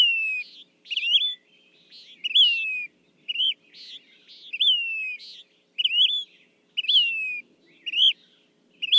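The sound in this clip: Say's phoebe calling steadily: falling whistled notes interleaved with short rising burry notes, roughly one per second, in a quiet setting.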